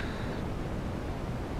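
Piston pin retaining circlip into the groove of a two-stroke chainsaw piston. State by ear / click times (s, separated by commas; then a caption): not seated / none. A metal wire piston pin circlip is being handled and worked toward the groove of a two-stroke Husqvarna 51/55 chainsaw piston, where it will retain the piston pin during a top-end rebuild. Only steady, even broadband noise is heard, with no distinct sudden sounds. Nothing has seated or clicked yet.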